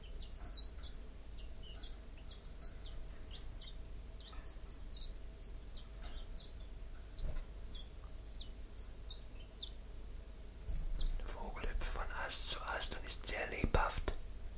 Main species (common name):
Common Chiffchaff